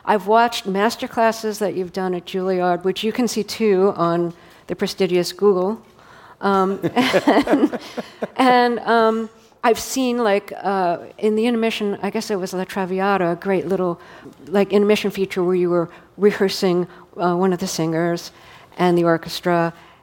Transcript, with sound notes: I've watched master classes that you've done at Juilliard, which you can see, too, on the prestigious Google.
(LAUGHTER)
And I've seen, like, in the intermission - I guess it was "La Traviata" - a great little, like, intermission feature where you were rehearsing one of the singers and the orchestra.